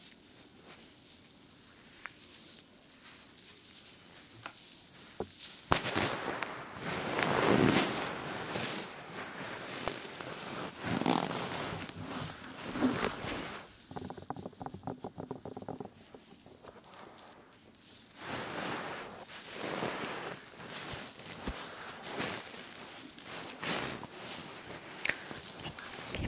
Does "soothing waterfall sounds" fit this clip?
no